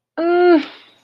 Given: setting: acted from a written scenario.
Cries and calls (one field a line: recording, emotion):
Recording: vocal sound without words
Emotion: distress